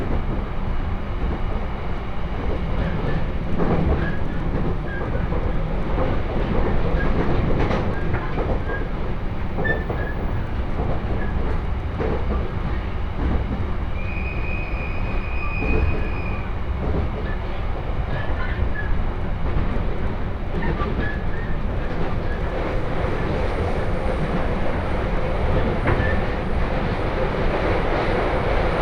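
A train on the Tohoku Main Line rumbles along in a steady, dense low roar with faint rhythmic clatter from the wheels. Around the middle a brief high tone sounds for a couple of seconds, and a thin high whine joins near the end.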